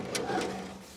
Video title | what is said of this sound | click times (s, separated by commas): The Ultimate Camping Kitchen? Full Breakdown by Our Designer! | Pop it down and locks in place as well. | 0.2 s